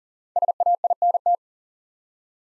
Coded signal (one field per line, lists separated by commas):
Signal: Morse code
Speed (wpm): 43 wpm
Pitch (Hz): 700 Hz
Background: none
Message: SAINT